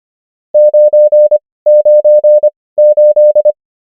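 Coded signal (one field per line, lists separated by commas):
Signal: Morse code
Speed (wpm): 25 wpm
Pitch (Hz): 600 Hz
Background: none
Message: 998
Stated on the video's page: Morse code practice of numbers at 25 wpm character speed and 18 wpm word speed, Farnsworth spacing.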